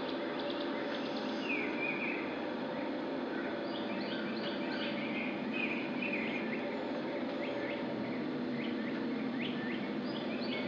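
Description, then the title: Birds giving scattered short chirps and slurred notes throughout, several calling at once, against constant loud background noise. "Bird Pile"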